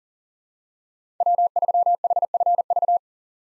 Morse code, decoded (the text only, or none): W3HFV